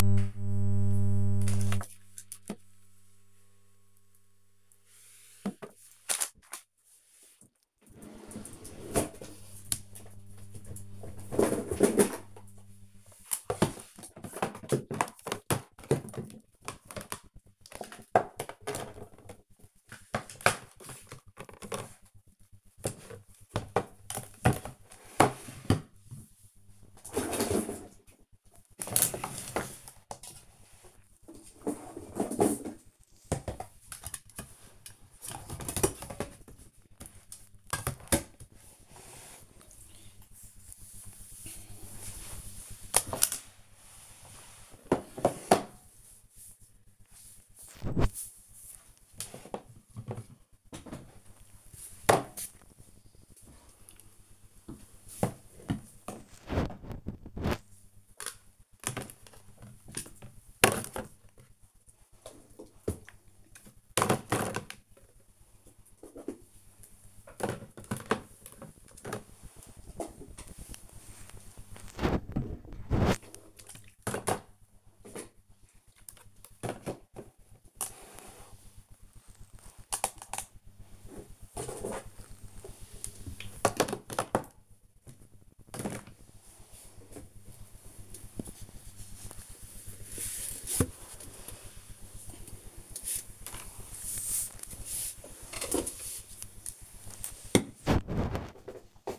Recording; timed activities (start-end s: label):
household activities, microphone on the right wrist
21.27-99.19 s: tidy up the cupboard